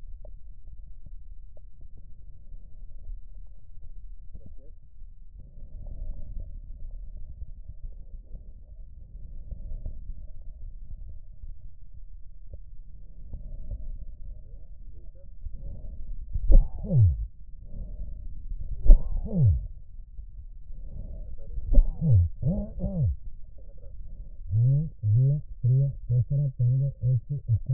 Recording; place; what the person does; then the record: lung sounds by stethoscope; right posterior basal chest; quiet breathing, then cough and speech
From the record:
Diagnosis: pulmonary infection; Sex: male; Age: 54 years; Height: 187 cm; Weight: 95 kg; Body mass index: 27.2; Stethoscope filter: extended mode